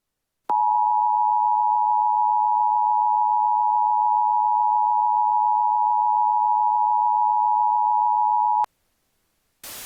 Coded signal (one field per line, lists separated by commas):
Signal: Emergency Alert System (SAME) tones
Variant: 853 and 960 Hz attention tone